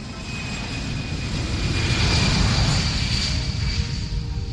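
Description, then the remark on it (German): Steady drone of an airplane in flight to Central America (Costa Rica), a broad low engine rumble with a faint high whine on top, swelling slightly in the middle and holding constant without any voices. “Mehr als 30 Jahre später fliege ich zum ersten Mal nach Mittelamerika, in das Land meiner frühen Träume.”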